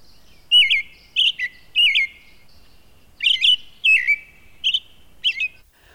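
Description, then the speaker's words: American robin song: clear, sweet whistled phrases delivered in short bursts separated by brief pauses. Rich, sweet song of long sentences made of roughly three-syllable words; a baseline for comparing other singers. "Robin tunes include long sentences made up of words of three or so syllables."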